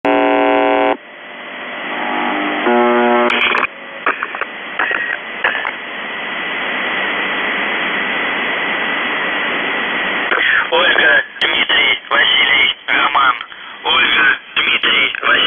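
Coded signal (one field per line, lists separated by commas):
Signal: numbers station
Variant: UVB-76, Russian voice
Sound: two short harsh buzzes, a long stretch of hiss, then a radio voice speaking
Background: radio static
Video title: The Buzzer/UVB-76(4625Khz) July 7, 2021 12:40UTC Voice message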